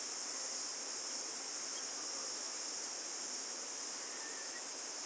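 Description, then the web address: Crickets giving a continuous high shimmering trill with a gently pulsing texture, plus a few faint bird notes. Australian bush. "Australian Nature Sounds - Crickets Tropical Birds Morning Birds Bird Calls"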